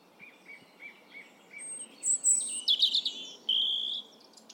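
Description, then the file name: European robin beginning with a row of soft, evenly spaced notes, then breaking into loud, high, tumbling phrases and a sustained thin whistle. "Erithacus rubecula"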